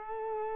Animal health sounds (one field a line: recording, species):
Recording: mosquito wingbeat signal from an infrared sensor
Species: Culex quinquefasciatus